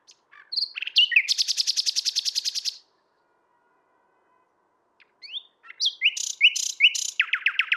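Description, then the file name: Common nightingale song: a fast, even trill of repeated notes for over a second, a pause, then sweeping notes and a run of repeated notes. "Luscinia megarhynchos"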